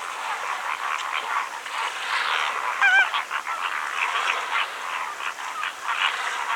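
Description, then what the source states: Greater flamingos calling as a flock, a dense overlapping chatter of nasal honks and gabbling notes continuing without pause. Calling, in Greece.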